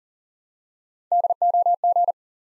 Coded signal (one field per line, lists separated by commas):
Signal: Morse code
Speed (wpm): 39 wpm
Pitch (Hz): 700 Hz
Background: none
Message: DOG